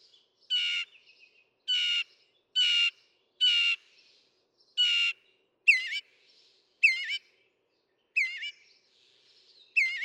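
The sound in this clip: Northern mockingbird song: a harsh, buzzy note repeated five times, then a switch to sharp slurred chirps repeated several times with short pauses.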